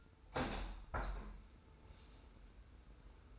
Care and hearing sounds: daily activity, microphone in the room; open window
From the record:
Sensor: 2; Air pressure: 990.2 hPa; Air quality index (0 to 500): 202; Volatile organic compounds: 1000 ppm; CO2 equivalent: 6477 ppm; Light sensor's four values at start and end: 23/55/22/22 and 23/55/22/22

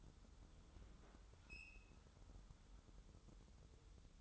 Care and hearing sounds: daily activity, microphone in the room; open fridge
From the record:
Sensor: 3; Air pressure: 988.4 hPa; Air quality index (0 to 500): 193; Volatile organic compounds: 287 ppm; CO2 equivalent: 4453 ppm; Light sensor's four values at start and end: 24/75/31/26 and 24/75/31/27

